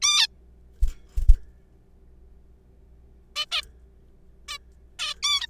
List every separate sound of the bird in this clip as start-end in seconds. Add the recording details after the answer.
0.02-0.27, 3.36-3.46, 3.52-3.61, 4.48-4.58, 4.99-5.14, 5.23-5.47. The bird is a juvenile. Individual R3428